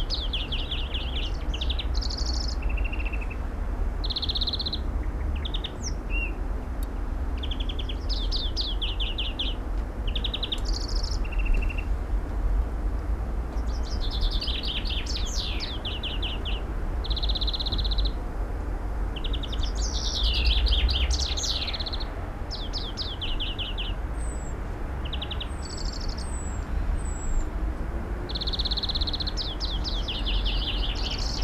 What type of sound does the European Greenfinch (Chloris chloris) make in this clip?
song